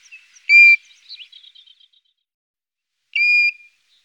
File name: golden plover